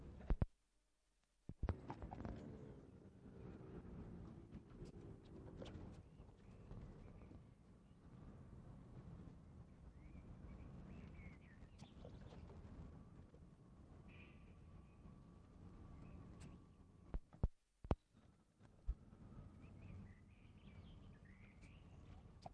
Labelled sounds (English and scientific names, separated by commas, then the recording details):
Raccoon Dog (Nyctereutes procyonoides) whimpering
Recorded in captivity
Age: adult
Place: Tierpark Berlin, Berlin, DE
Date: 1960-05-14 20:00
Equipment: Reporter, Vollspur
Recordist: Tembrock, Günter
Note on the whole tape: Winsellaut mit Blick auf Schakal, auch nach ähnlich klingendem Ruf von Nutria. Abstand ca. 1 m